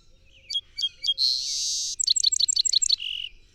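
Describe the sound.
Song sparrow song: three crisp introductory notes, a long buzzy note, then a quick series of bright chipping notes ending in a lower buzz.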